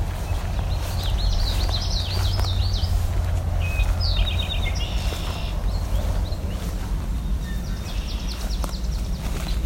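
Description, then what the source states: Eastern Towhee song: a few phrases of high notes and quick trills over a constant low rumble. Song of the 'drink your tea' type.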